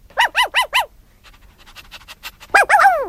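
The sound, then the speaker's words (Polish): A dog lets out four quick, high yelping barks in a row, pants softly in short breaths, then gives a couple more loud, drawn-out barks. “Z psem.”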